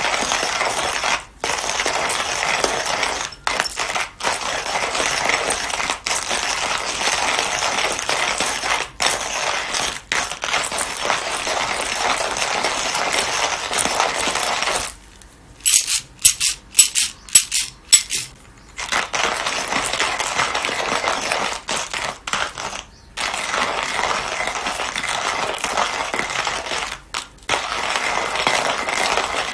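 Guatemala SHB coffee roasting: a dense, steady rattling hiss with brief dropouts, giving way mid-clip to several seconds of sharp, scattered cracks.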